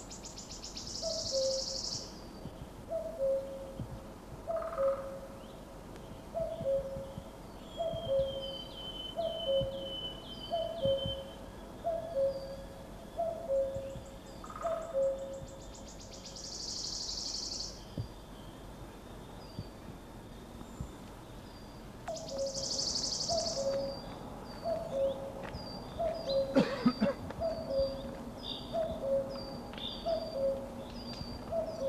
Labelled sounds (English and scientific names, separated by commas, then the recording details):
Common Cuckoo (Cuculus canorus) song
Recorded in the wild
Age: adult
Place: Villach, Kärnten, AT
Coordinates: 46.591, 13.824
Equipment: Uher 4100 Report-V
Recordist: Brunner, Thomas